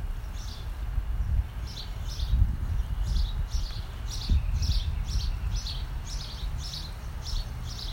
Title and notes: 30/4/20, 11:30, Los Ángeles, CA. Estaba leyendo afuera en mi patio, disfrutando de los sonidos de los pájaros en los árboles.